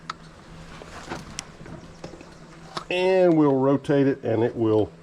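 During a 50-hour service on an RK25 tractor, the plastic air filter housing end cap is handled and rotated on the air cleaner housing, to be lined up with the vent tube. A few faint taps and ticks of handling sound near 0.1, 1.4 and 2.8 seconds, then someone talks. Nothing has seated or clicked yet; the cap is not yet locked into place.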